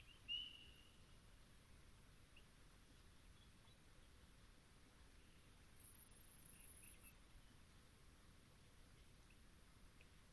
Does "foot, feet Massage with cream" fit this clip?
no